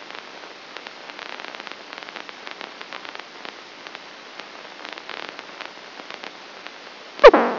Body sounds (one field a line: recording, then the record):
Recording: brain microelectrode recording played as sound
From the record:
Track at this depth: inside the subthalamic nucleus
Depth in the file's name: 2.235 mm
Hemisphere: left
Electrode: 2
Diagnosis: Parkinson's disease